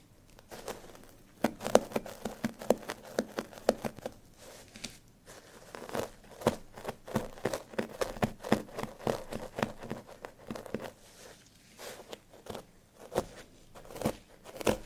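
Scratching on assorted surfaces, heard as quick, dry strokes in irregular bursts that come close together through most of the fifteen seconds. The strokes sound papery and crinkly, with a few sharper clicks standing out, and brief quiet gaps around four and eleven seconds.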